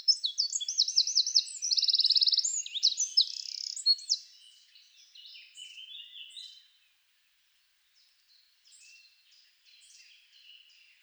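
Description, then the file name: Eurasian wren song starting loudly with rapid high trills and sharp notes for about four seconds, followed by softer, scattered twittering that trails away. "Troglodytes troglodytes"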